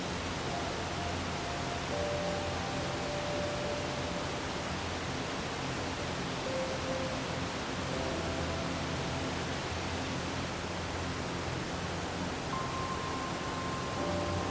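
A waterfall roars in a dense, unbroken rush that fills everything from deep rumble to bright hiss, holding at one level throughout. Soft sustained musical tones drift faintly beneath the water, a few held notes shifting every couple of seconds.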